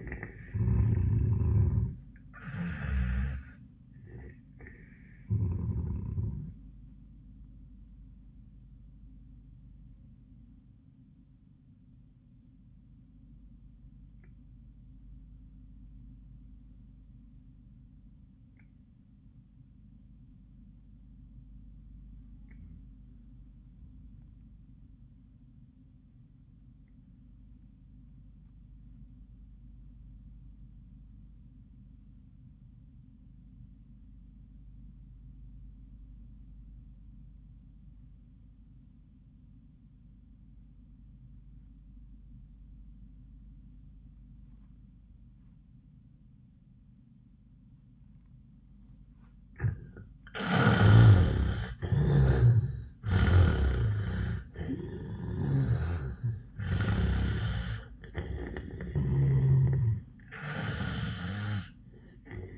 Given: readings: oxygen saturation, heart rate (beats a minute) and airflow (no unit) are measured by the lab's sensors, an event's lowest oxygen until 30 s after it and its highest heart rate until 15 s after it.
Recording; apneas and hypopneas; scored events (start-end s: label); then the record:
breathing in sleep by a smartphone at the bedside; 1
8.00-51.20 s: obstructive apnea (REM, oxygen 98% highest, then 68% lowest, heart rate 93 at the start, 97 highest)
From the record:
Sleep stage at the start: REM sleep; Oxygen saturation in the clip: 70 to 98%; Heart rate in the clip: 74 to 97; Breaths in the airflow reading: 6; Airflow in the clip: -16.4 to 9.9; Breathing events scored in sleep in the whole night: 400 in 8.7 hours asleep